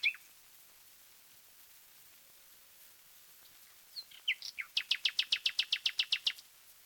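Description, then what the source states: Common nightingale song: a brief note, long silence, then a few whistles leading into a rapid, evenly repeated series of loud notes. Taken from a 1936 disc of wild bird songs, side A.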